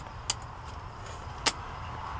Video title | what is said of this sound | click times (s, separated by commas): how the rear steer works in a monster truck and how to use a 5 point racing seatbelt | from your uh grind area and it it Clips | 0.3 s